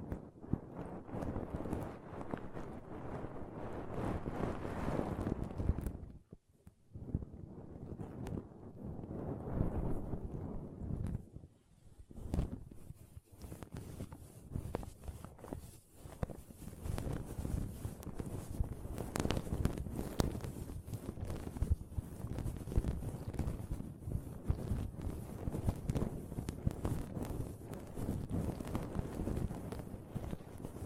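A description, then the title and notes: Pom poms are rubbed and squished in a dense, continuous rustle, thick in the low and middle range with crisp crackles flickering throughout. The sound briefly drops out around six seconds and thins near twelve, then builds back into a steady, busy scratching to the end. ASMR Ultimate Pom Pom Tingles (No Talking).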